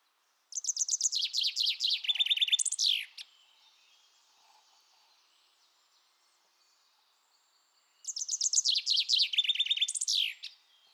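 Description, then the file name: Common chaffinch song: a descending series of rapid repeated notes ending in a flourish, given twice, with faint high background sounds between. Recorded at Botrange on 22 June 2014. "fringilla coelebs botrange 22 june 2014"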